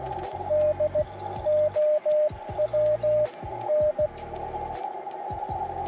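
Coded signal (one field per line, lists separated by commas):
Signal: Morse code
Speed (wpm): 16 wpm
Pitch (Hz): 610 Hz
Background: music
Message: DOWN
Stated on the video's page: Beginner's CW contacts at 16 wpm, 10 W from an IC-705 into an RHM12 antenna, on a riverbank portable outing; five stations answered a CQ, with QSB fading.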